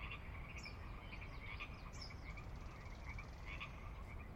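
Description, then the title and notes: Pacific chorus frogs croaking in short bursts, with a few high notes above a steady low rumble. Chorus on the valley floor of Sinlahekin Valley, Sinlahekin Wildlife Area, Washington, near the Cascades' northeastern slope; glacier-dug valley of ranch land and refuge; at dusk; frogs ever-present, a Northwest soundscape fixture. "Sinlahekin Valley dusk. the ever-present Pacific Chorus Frogs that are a fixture of the Northwest Soundscape"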